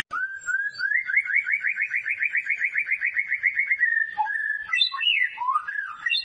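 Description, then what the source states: White-rumped shama song: a rapid trill of many even, chirping notes, then a few varied rising and falling whistles. Lure of a vigorously singing (gacor) bird, meant to prompt an immediate response from other birds.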